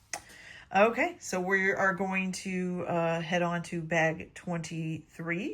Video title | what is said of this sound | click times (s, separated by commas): Lego Lord of the Rings Barad-Dur 10333 | push that all the way back in there, and then it clicks into place in the back. | 0.1 s